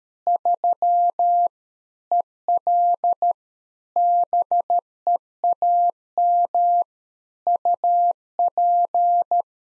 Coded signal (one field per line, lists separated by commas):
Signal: Morse code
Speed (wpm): 13 wpm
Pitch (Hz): 700 Hz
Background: none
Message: 3 EL BEAM UP